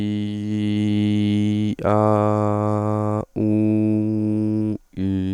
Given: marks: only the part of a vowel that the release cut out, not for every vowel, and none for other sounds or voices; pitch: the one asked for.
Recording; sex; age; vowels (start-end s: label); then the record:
sustained vowels; male; 18 to 19 years
0.00-1.52 s: vowel /i/, normal pitch
1.99-3.13 s: vowel /a/, normal pitch
3.49-4.60 s: vowel /u/, normal pitch
From the record:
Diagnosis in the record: stuttering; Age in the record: 18 years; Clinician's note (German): Kehlkopf o. Befund